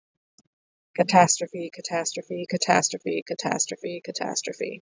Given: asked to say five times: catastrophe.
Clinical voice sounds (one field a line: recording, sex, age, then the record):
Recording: repeated word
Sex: female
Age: 30 to 39 years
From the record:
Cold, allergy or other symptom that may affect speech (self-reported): no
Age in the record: 34 years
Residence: Minnesota, United States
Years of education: 14